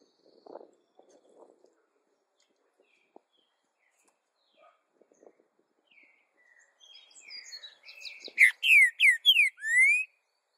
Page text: cantodepassaros 2. Trinca Ferro Cantando!